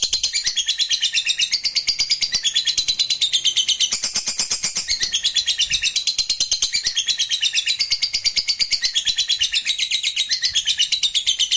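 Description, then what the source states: Lovebird delivering a nonstop shrill chattering song, quick buzzy twitters pulsing steadily and loudly across the whole recording. Fighter-type lovebird singing energetically (gacor).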